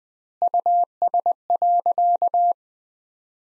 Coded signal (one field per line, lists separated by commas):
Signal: Morse code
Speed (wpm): 20 wpm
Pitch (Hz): 700 Hz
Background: none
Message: US.